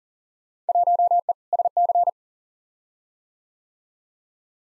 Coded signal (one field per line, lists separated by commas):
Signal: Morse code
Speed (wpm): 40 wpm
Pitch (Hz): 700 Hz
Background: none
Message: 1E SC